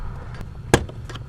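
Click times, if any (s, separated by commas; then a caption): 0.7 s. While prying on the lower part of a gray plastic dashboard trim panel on a Charger / Magnum, during gauge cluster removal, the second retaining clip releases with a sharp click at 0.7 s. A few faint clicks and rattles follow as the trim panel is worked loose to be pulled off.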